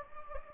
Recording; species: mosquito wingbeat signal from an infrared sensor; Anopheles gambiae